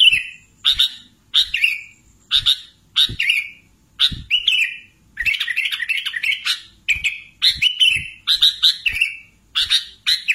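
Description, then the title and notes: Sooty-headed bulbul singing short, chirpy whistled phrases with brief gaps, and a longer run of notes midway. "Kicau Burung Kutilang"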